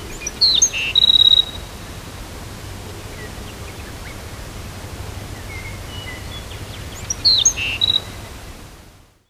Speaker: Until next time, I leave you with the song of the black-throated sparrow.